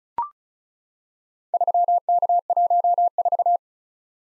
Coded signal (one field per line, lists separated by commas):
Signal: Morse code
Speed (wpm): 36 wpm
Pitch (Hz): 700 Hz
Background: none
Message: 3K14